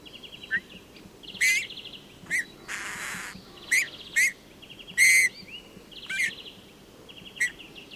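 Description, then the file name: Eurasian bullfinch calls: several short, mid-pitched whistled notes scattered throughout, with buzzy overlapping chatter and one brief rushing noise burst partway through. "Pyrrhula pyrrhula"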